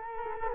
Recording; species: mosquito wingbeat signal from an infrared sensor; Culex quinquefasciatus